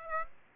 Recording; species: mosquito wingbeat signal from an infrared sensor; Aedes aegypti